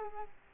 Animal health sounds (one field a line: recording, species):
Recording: mosquito wingbeat signal from an infrared sensor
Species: Culex quinquefasciatus